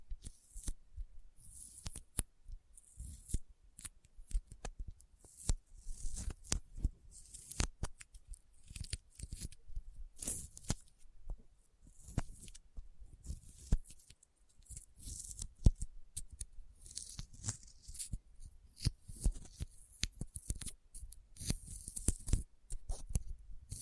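Sticky finger sounds: a dense, irregular run of tacky clicks and small snapping pulls as fingers press and peel apart. The crackles come in uneven clusters with brief gaps, bright and crisp on top with soft low thumps underneath, continuing throughout.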